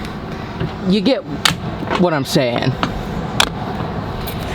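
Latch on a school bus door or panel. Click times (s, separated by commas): 3.4 s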